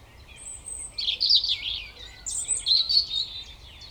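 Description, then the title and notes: European robin giving two dense, sparkling phrases of high warbles and trills, each preceded by a thin high whistle. Koniówka, Lesser Poland, Poland; Zoom F3 recorder with Usi Pro drop rig. "Koniówka, województwo małopolskie, Polska - Robin, King of the Petland. Recordist: Maciej Wirmański"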